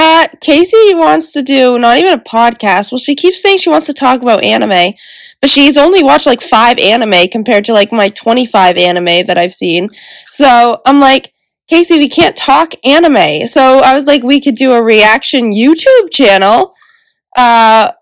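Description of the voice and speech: A young woman talks casually and fluently at a quick pace, with clear, lively voicing: typical adult speech.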